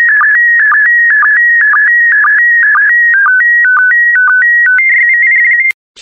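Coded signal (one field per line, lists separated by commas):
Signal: SSTV (slow-scan television)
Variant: PD120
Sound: warbling high tone with a regular clicking pulse about twice a second, then stepped beeps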